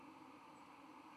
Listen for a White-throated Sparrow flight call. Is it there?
no